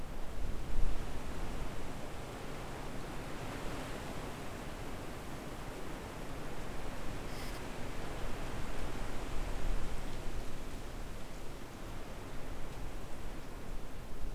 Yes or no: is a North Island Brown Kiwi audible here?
no